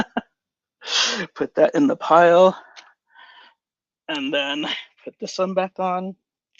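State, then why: Not seated. Someone talks while handling a second action figure, getting ready to put its arm back onto the plastic shoulder peg. The arm is being fitted near the lap, so the pop is probably not heard, and nothing has seated or clicked yet when the clip ends.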